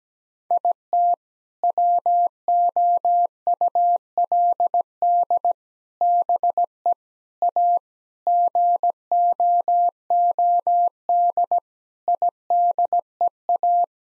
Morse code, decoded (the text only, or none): IT WOULD BE A GOOD IDEA